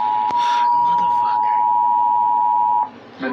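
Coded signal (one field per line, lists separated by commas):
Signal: Emergency Alert System (SAME) tones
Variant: 853 and 960 Hz attention tone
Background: speech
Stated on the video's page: Tornado Warning relayed on a TV station and cable system.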